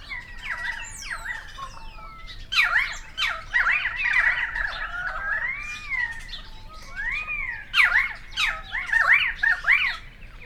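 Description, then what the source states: Currawongs produce sweeping whistled glides and sharp squawks, quieter at first, then a busy burst of overlapping calls from several birds. Several currawongs, recorded 28 May 2013.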